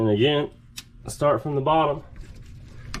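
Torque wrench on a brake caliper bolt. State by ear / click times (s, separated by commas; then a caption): torque reached / 2.9 s. Someone talks while tightening the bottom brake caliper bolt on a Dodge Charger Hellcat with a click-type torque wrench. The wrench breaks over at its setting with a sharp click at 2.9 s.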